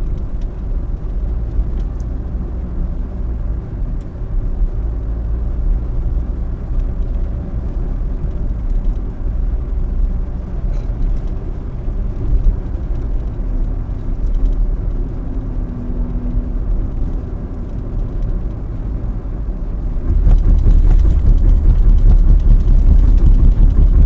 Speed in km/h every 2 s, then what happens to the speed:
51, 54, 54, 57, 57, 59, 59, 57, 55, 54, 53, 50.
0-12 speeds up to 59. 12-24 slows to 50.